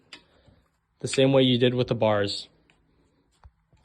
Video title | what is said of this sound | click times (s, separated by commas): Rover Folding E-Bike Unboxing and Assembly | you want to just lock it | 0.1 s